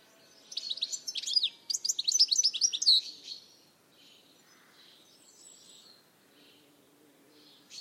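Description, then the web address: Bird calls: a rapid, dense burst of high chirps and twitters for about three seconds, then a few faint, scattered high notes over quiet background. "Deverinetal 2025 File origin Bird Only"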